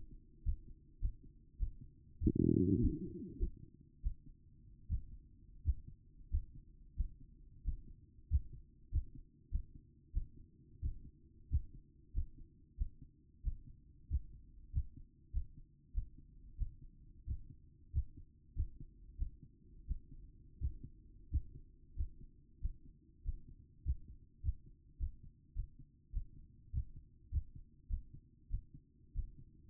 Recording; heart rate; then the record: heart sounds by stethoscope; 95 bpm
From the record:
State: after exercise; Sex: female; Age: 27 years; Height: 169 cm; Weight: 63 kg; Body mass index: 22.06